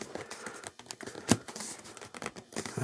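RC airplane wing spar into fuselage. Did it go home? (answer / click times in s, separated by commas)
no / none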